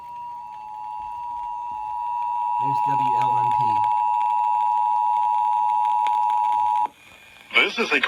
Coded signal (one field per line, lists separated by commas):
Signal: Emergency Alert System (SAME) tones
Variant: 853 and 960 Hz attention tone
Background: speech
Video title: WFLS pulls a fast one and runs the January 2021 RMT(EAS 345-347)